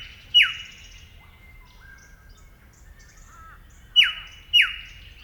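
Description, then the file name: Eastern yellow robin calls: one sharp note that slides downward, a pause with faint thin whistles, then two more identical sharp descending notes close together. "Eopsaltria Australis"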